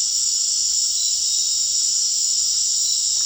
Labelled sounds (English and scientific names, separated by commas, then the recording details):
none
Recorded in dense forest near Puerto Asís, Putumayo, Colombia, on 21 March 2025 at 19:00
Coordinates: 0.499, -76.324
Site GP03